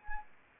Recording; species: mosquito wingbeat signal from an infrared sensor; Anopheles arabiensis